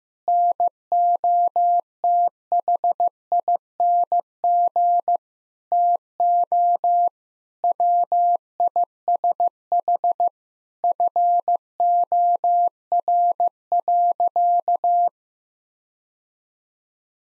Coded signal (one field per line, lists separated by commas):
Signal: Morse code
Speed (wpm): 15 wpm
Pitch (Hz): 700 Hz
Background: none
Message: NOTHING TO WISH FOR.